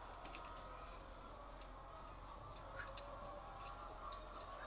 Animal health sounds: poultry house recording; healthy chickens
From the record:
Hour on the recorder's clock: 8

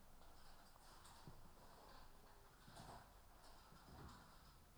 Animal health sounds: poultry house recording; healthy chickens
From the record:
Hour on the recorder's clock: 13

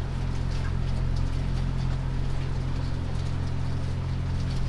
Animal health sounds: poultry house recording; sick chickens (respiratory disease)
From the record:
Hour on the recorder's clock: 1

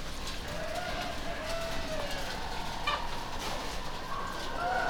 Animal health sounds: poultry house recording; healthy chickens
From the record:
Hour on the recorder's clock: 3

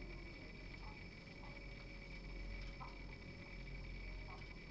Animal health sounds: poultry house recording; healthy chickens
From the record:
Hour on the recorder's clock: 21

